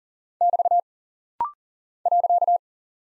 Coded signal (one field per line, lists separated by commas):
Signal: Morse code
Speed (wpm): 39 wpm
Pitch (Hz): 700 Hz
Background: none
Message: <BT> .